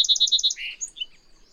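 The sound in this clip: Bird song beginning with five rapid repeated double-toned notes, then a buzzy lower note and a couple of thin high whistles fading out.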